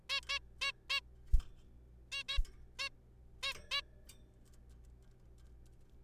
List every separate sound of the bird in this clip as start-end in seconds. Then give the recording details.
0.10-0.20, 0.29-0.39, 0.62-0.71, 0.90-1.00, 2.12-2.23, 2.29-2.38, 2.79-2.89, 3.43-3.53, 3.71-3.81. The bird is a juvenile. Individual R3428